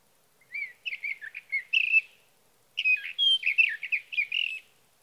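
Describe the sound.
Sage thrasher sings two warbling bursts of rapid, varied high notes, separated by a pause of about half a second.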